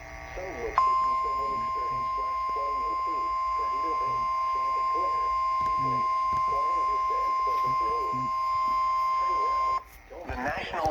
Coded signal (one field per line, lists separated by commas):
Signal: Emergency Alert System (SAME) tones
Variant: 1050 Hz attention tone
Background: speech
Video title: EAS #316: FFW